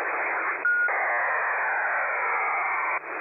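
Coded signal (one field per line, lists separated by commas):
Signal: HF data modem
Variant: HFDL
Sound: hiss, a short steady tone, then a two-second rushing noise-like data burst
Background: radio static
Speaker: as you see there's actual planes that are being put on the map depending on the hfdl decoding that goes on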